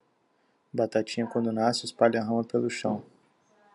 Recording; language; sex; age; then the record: short text; Brazilian Portuguese; male; 20 to 29 years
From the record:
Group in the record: control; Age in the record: 25 years